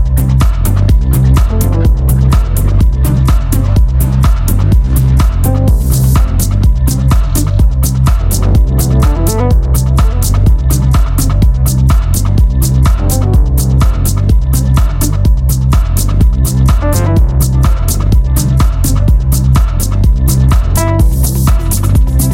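A steady piece of music driven by fast, evenly spaced percussion hits, several each second, over a deep, sustained bass line and a shifting melodic layer. Loudness holds level throughout, with brief bright crash-like swells near six and twenty-one seconds.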